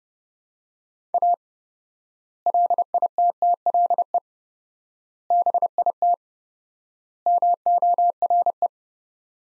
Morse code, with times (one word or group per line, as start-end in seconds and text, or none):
1.1-1.3 A
2.5-4.2 LITTLE
5.3-6.1 BIT
7.3-8.7 MORE